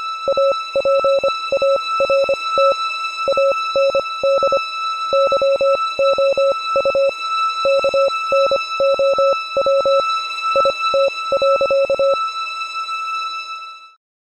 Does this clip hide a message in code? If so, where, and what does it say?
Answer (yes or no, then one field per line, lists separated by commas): yes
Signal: Morse code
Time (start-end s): 0.3-12.1 s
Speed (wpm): 25 wpm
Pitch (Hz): 560 Hz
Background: music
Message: APART AND YOU KNOW IT.